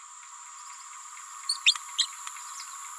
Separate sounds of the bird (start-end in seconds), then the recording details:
1.98-2.06. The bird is a female. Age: 28 days. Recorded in a nest box in Venezuela. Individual 17B31A3